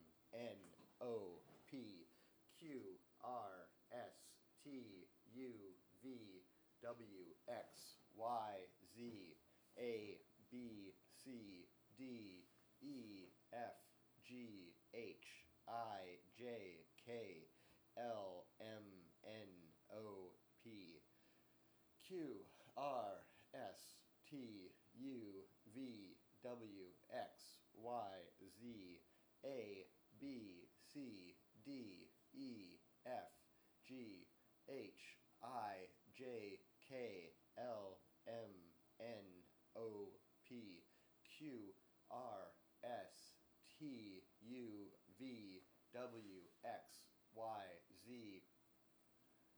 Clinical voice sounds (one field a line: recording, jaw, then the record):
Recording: letters of the alphabet, spoken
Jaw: free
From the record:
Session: seven days later